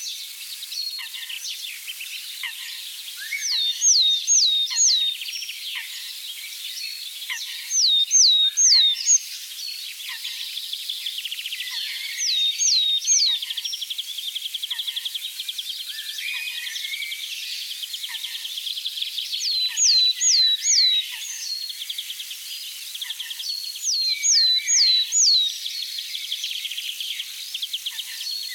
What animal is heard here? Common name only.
Willow Tit